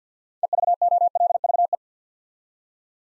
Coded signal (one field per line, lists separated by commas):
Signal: Morse code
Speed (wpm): 50 wpm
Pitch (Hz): 700 Hz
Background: none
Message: EVOLVE